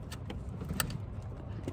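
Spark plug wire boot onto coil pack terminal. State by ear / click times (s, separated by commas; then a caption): seated / 0.8 s. A spark plug wire boot is pushed onto a coil pack terminal during an MSD Street Fire coil pack swap on a 2007–2013 Silverado 1500 with a 4.8, 5.3 or 6.0L engine. Faint soft knocks come over a low rumble, then a sharp snap at 0.8 s shows the wire is fully seated.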